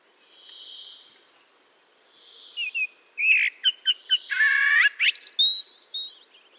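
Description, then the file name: Eurasian blackbird: a soft, thin high note, then squeaky slurred notes and harsh harmonic chuckles. "Turdus merula"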